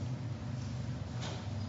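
A low, steady rumbling growl lasts just under two seconds, almost all deep pitch with a brief faint hiss late on. This is an adult man's audible stomach growling (borborygmi) during a sermon: gas and fluid moving through the gut, an ordinary body sound.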